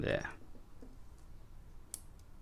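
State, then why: Seated. Someone talks briefly as the other end of a steel spring bar is pushed into the bracelet clasp of a Seiko Padi Turtle SRPA21 watch being modified. A sharp click comes at 1.9 s, followed by a faint tick, and the spring bar is seated with both sides in.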